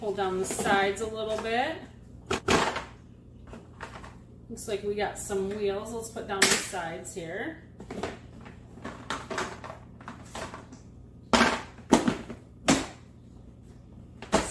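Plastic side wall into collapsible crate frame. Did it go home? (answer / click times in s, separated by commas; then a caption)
yes / 9.1 s, 11.9 s. Someone talks while folding down the plastic side walls of a Jifvrnk collapsible rolling crate with wheels and pressing them until they lock upright in the crate frame. Loud, sharp snaps ring out at 9.1 s and 11.9 s as the side walls seat into place.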